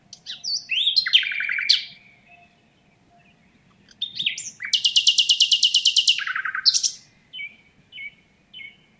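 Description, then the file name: Common nightingale song: a rich phrase of stacked, rising and falling notes, a pause, then a loud, fast rattling trill ending in a descending note and soft chips. "Luscinia megarhynchos"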